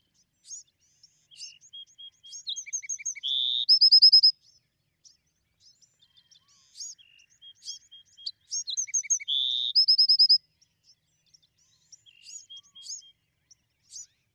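Bewick's wren repeating the same phrase twice: a few soft notes, a low buzz and a fast trill, with quiet gaps between.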